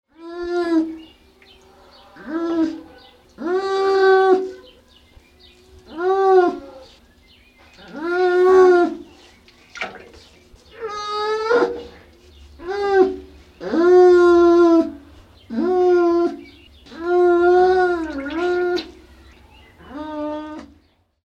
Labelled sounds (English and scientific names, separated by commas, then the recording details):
Baikal Seal (Pusa sibirica)
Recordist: Tembrock, Günter
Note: Lautfolgen eines Weibchens